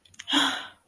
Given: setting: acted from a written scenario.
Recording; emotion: vocal sound without words; relief